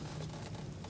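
The red plastic locking tab on the ignition coil connector plug of a 2016-2019 Chevrolet Cruze 1.4L is being handled to be pushed down to lock the plug, possibly with a screwdriver. A steady low hum and broadband noise run throughout, with a brief louder handling sound at about 0.9 s. Nothing has seated or clicked yet.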